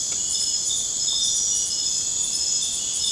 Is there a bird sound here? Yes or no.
no